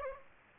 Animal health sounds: mosquito wingbeat signal from an infrared sensor; Aedes aegypti

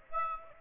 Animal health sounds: mosquito wingbeat signal from an infrared sensor; Aedes aegypti

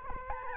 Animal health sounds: mosquito wingbeat signal from an infrared sensor; Aedes albopictus

